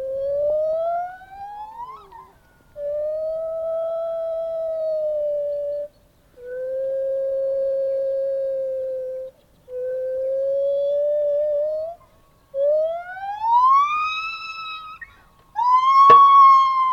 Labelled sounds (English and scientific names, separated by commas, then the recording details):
Lar Gibbon (Hylobates lar)
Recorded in captivity
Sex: pair
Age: adult
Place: Tierpark Berlin, Berlin, DE
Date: 1988-03-19
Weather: sonnig, -2 bis 3°C
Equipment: Nagra SN, Kopie Tesla B 116
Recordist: Tembrock, Günter
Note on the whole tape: Paar: Rufe im Außengehege, auch große Strophe des Weibchen, Männchen dann immer am Ende sich anschließend; längere Strecke